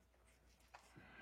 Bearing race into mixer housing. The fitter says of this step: You can feel it snap into place,